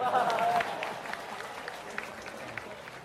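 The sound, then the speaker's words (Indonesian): Audience applause starts as a fuller burst of clapping with a brief voice over it, then thins into sparse, scattered claps that trail off over a few seconds. “Mana tepuk tangannya dulu?”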